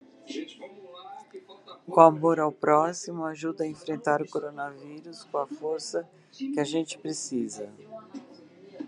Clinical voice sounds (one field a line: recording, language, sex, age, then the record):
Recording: spoken sentence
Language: Brazilian Portuguese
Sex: female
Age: 60 to 69 years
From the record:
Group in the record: control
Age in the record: 65 years